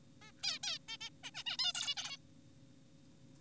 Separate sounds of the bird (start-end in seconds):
0.22-0.32, 0.43-0.59, 0.63-0.78, 0.88-0.97, 1.01-1.09, 1.24-1.31, 1.35-1.44, 1.46-1.57, 1.59-1.72, 1.75-1.95, 1.97-2.17